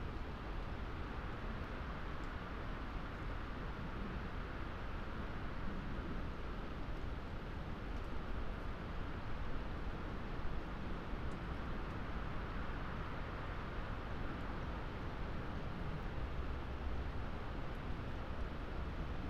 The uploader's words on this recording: Moorland forest mid winter gales. To be half way up a lonely Peak District moor, off the puddled track, looking down, into a mixed plantation of tall murmuring trees. Scots pine and spruce. Away from the holly tree, and the microphone box that we carefully tied and angled, so it could be an ear witness of this forest, in winter gales, before the storm.